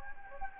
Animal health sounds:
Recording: mosquito wingbeat signal from an infrared sensor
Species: Anopheles gambiae

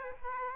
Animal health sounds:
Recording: mosquito wingbeat signal from an infrared sensor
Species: Aedes aegypti

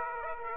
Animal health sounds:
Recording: mosquito wingbeat signal from an infrared sensor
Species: Aedes aegypti

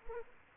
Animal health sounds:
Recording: mosquito wingbeat signal from an infrared sensor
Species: Anopheles arabiensis

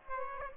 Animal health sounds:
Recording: mosquito wingbeat signal from an infrared sensor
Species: Aedes aegypti

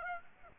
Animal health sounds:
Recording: mosquito wingbeat signal from an infrared sensor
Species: Aedes aegypti

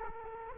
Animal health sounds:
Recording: mosquito wingbeat signal from an infrared sensor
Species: Culex quinquefasciatus

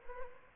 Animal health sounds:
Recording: mosquito wingbeat signal from an infrared sensor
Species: Aedes albopictus

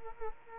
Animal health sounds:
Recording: mosquito wingbeat signal from an infrared sensor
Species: Culex quinquefasciatus

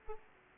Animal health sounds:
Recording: mosquito wingbeat signal from an infrared sensor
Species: Aedes aegypti

